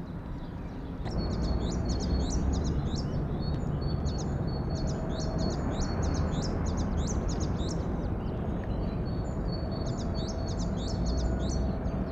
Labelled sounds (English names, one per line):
Eurasian Blue Tit